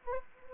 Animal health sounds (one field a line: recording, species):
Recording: mosquito wingbeat signal from an infrared sensor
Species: Culex quinquefasciatus